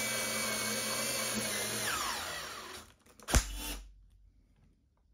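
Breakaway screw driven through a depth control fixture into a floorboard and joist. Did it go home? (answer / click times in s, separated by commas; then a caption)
yes / 3.3 s. A drill drives a scored breakaway squeak-repair screw through a depth control fixture into a wooden floorboard and joist, whirring steadily and slowing until it stops near 2.9 s. A sharp snap at 3.3 s marks the shank breaking off at the preset depth, leaving the screw seated.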